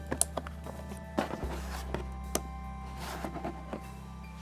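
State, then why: Seated. A DDR4 memory stick, lined up with the notch in a motherboard DIMM slot, is pressed down with even pressure on both sides over a steady low hum. Two sharp snaps ring out at 0.2 s and 2.4 s as the retention clips lock, with a few softer taps and knocks around them. The RAM stick is seated and installed.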